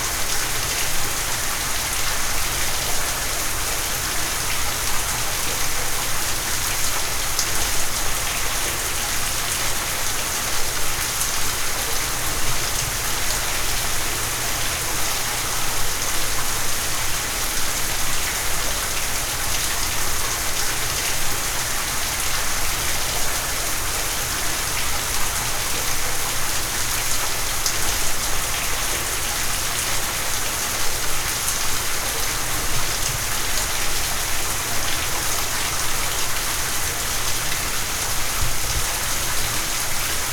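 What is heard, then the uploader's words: Heavy rain splashes down in a dense, unbroken hiss that holds steady for the whole stretch. The sound is bright, with countless drops pattering on surfaces and a faint low rumble underneath. Heavy Rain Splashing Down.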